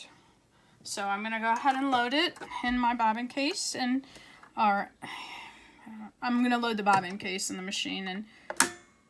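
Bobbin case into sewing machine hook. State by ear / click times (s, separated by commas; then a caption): seated / 8.6 s. A loaded bobbin case is pushed into the hook area of a Bernina Artista 730 sewing machine while someone talks. It latches with a sharp click at 8.6 s, seating the bobbin case in the machine.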